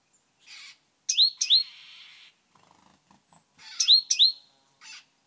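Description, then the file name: Great tit calls: sharp curved notes mixed with buzzy bands, in two bursts with a soft low clatter between them. "Parus major"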